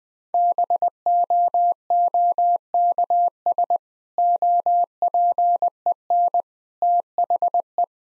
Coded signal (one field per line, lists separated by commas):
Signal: Morse code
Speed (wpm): 20 wpm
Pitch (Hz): 700 Hz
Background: none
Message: BOOKS OPEN THE